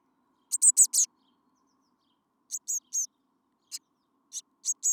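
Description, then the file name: Eurasian blue tit calling in quick high clusters of sharp notes, with short pauses and a few single notes between groups. "Cyanistes caeruleus"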